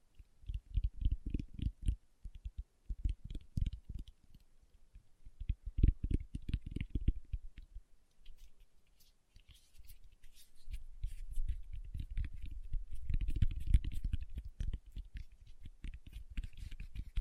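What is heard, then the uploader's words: Fingertips tap in quick, uneven bursts of soft low thumps with faint clicky edges, pausing briefly around eight seconds before resuming more densely. ASMR Tapping with Fingertips (No Talking).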